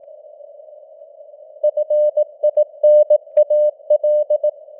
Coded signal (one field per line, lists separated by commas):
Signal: Morse code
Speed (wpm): 18 wpm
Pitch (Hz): 600 Hz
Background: none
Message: FINAL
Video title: Morse Code News | 2025-10-08 | 18wpm